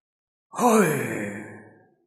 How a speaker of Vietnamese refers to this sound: Đột nhiên vang lên một tiếng than thở già nua, làm cho Diệp Phàm khiếp sợ. Từ trong núi hỗn độn, nơi đó như là có một đại đế đang nhìn xuống hậu nhân, hiển lộ ra hết tang thương và mỏi mệt.